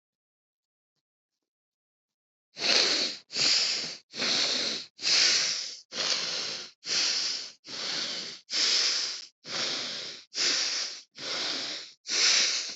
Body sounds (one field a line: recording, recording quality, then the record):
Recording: shallow breathing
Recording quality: excellent, no background noise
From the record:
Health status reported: healthy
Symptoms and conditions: none ticked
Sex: male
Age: 33 years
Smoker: not ticked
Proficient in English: yes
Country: United States